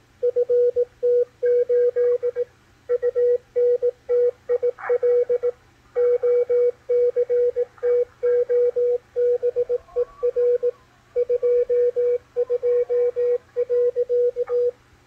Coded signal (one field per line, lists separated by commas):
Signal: Morse code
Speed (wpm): 18 wpm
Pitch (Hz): 490 Hz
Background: radio noise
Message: FT8 UNTIL OCTOBER 22.